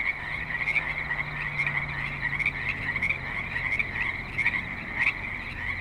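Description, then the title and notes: Frogs trilling in chorus with rhythmic pulsed notes, a low engine hum running underneath for several seconds. Frogs at a creek in Spanish Springs, Nevada, USA, in a suburban setting with light traffic and other suburban sounds. "Frogs in Spanish Springs, NV - creek view. Frogs with light traffic and other suburban sounds"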